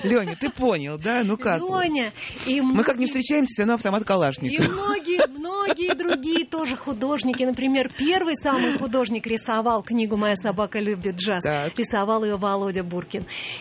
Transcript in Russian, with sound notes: Лёня, ты понял, да? Ну, как вы? Мы как не встречаемся, - всё равно автомат Калашникова. (Смеётся)
Многие другие, тоже художники, например, самый первый художник рисовал книгу «Моя собака любит джаз», - это был Володя Буркин.